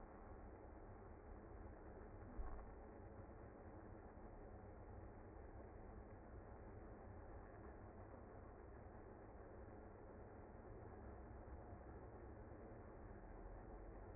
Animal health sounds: honeybee colony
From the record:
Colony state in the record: active

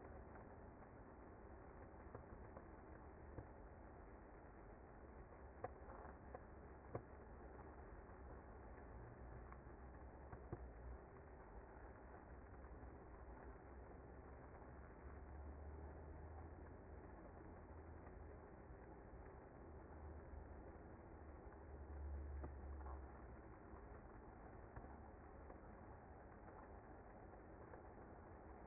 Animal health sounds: honeybee colony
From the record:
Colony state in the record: active

